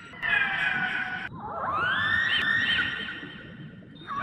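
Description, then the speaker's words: Orca calling: bright, harmonic squeals, a steady call followed by a longer rising, wavering one. Described as sounding like it is laughing. "Es una orca. Parece que se está riendo, ¿no?"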